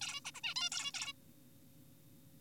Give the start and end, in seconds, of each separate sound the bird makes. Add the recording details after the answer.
0.01-0.20, 0.25-0.31, 0.34-0.41, 0.44-0.55, 0.56-0.70, 0.72-0.92, 0.94-1.12. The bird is an adult. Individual g4p5U